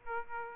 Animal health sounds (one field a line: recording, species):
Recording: mosquito wingbeat signal from an infrared sensor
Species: Aedes aegypti